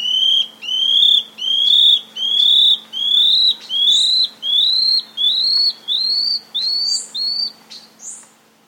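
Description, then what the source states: Scale-backed antbird giving a long run of clear, slightly upslurred whistles, about a dozen in steady rhythm, with a few higher, squeaky notes in the second half. Recorded in South America.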